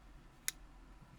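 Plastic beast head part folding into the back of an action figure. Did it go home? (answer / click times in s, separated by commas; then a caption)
yes / 0.5 s. A plastic beast head section is pushed fully home as it folds into the back of an action figure, giving a sharp, bright click at 0.48 s. The head is seated in place, and a fainter tick follows near the end at 1.3 s.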